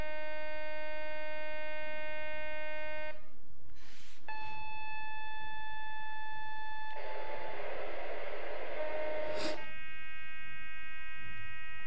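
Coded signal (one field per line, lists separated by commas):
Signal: radar signal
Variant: over-the-horizon radar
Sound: harsh steady buzzing tones with many harmonics, interrupted by bursts of wide hiss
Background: radio static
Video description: finally the signal has been recognized-- we heard the Iranian Over The Horizon Radar (OTHR).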